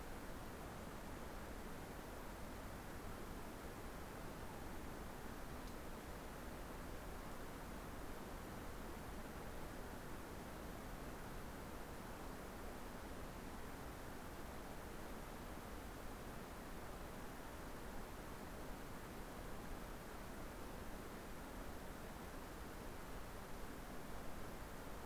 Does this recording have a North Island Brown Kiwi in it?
no